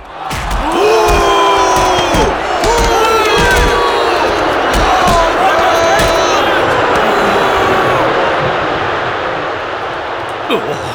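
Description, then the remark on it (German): A large, impatient circus audience roars and clamors continuously, many voices shouting and jeering over a dense wall of noise, with scattered cries rising above the din before it eases slightly at the end. “Das Publikum im Zirkus wird unterdessen immer ungeduldiger.”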